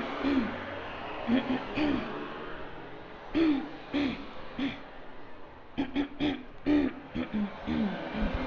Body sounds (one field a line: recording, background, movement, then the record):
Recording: throat clearing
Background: traffic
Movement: walking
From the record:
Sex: female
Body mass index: 22.6 kg/m2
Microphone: on the chest, facing outward